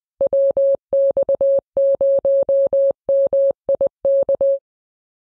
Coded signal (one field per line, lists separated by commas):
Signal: Morse code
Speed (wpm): 20 wpm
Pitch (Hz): 550 Hz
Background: none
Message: WX0MIK